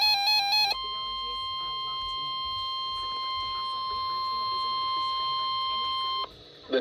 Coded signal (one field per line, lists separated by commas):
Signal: Emergency Alert System (SAME) tones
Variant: 1050 Hz attention tone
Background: speech, music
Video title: EAS Severe Thunderstorm Warning on NOAA Radios for Indiana (3/15/2026) EAS #576